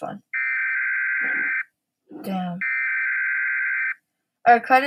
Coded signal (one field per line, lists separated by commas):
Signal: Emergency Alert System (SAME) tones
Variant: header bursts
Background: speech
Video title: Reacting to scary EAS alarm scenarios!